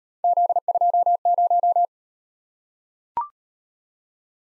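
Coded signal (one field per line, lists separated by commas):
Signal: Morse code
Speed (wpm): 37 wpm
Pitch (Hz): 700 Hz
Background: none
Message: Z20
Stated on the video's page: Morse speed drill of three letter-number combinations, starting at 1.5 times the 25 wpm base and slowing to the base, with the final repeat at maximum speed.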